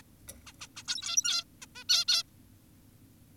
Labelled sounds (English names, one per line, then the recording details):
Zebra Finch
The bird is an adult
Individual g17y2U